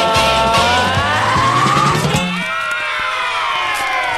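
A car brakes hard with a loud, wavering tire screech that sweeps across the first half, layered over bouncy low musical notes, then the squeal thins and trails off.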